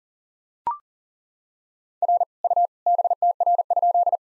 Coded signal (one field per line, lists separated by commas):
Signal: Morse code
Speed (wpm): 40 wpm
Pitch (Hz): 700 Hz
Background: none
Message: R U BTR?